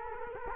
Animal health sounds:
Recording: mosquito wingbeat signal from an infrared sensor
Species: Culex quinquefasciatus

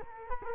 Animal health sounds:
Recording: mosquito wingbeat signal from an infrared sensor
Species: Culex quinquefasciatus

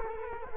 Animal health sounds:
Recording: mosquito wingbeat signal from an infrared sensor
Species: Culex quinquefasciatus

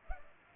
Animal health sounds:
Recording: mosquito wingbeat signal from an infrared sensor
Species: Culex pipiens

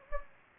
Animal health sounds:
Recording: mosquito wingbeat signal from an infrared sensor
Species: Anopheles gambiae

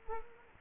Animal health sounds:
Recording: mosquito wingbeat signal from an infrared sensor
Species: Culex quinquefasciatus

